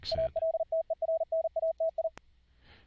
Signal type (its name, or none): Morse code